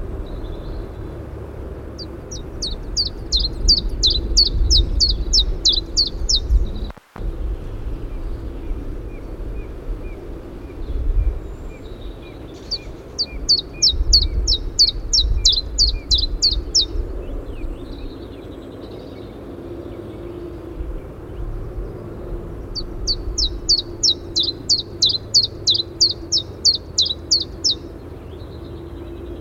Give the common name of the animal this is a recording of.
Common Chiffchaff